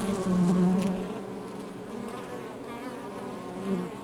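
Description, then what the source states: Honey bee buzzing, a continuous layered hum led by one strong low droning tone early on, then a softer even swarm sound. Outside the hive.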